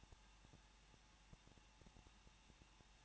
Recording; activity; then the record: daily activity, microphone in the room; no activity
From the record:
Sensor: 1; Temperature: 20.1 degrees Celsius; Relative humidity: 39.1%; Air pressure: 1006.5 hPa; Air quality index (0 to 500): 216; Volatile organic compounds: 72 ppm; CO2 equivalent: 3534 ppm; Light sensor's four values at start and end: 1/2/1/1 and 1/2/1/1